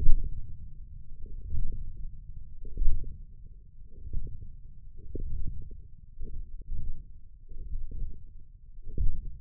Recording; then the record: forearm muscle sounds (acoustic myography)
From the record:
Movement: ulnar deviation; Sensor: system 1, eight BSWA MPA416 microphones around the upper forearm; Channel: 6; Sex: male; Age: 20 years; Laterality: left